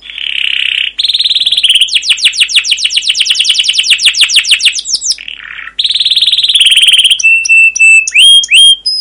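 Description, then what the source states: Canary with buzzy churring rolls, a long fast trill of falling notes, a brief low note, then more rolls and crisp clipped whistles. Masteran training recording: long, rolling (ngerol), chattering "cuit cuit" canary song in gacor style, used as a lure to stimulate other canaries to sing.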